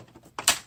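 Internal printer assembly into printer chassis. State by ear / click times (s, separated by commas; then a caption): seated / 0.5 s. An internal printer assembly in a Brother MFC-J4510DW printer is pushed down into the printer chassis. After a softer knock at about 0.4 s, a sharp click at 0.5 s marks it seating back into position.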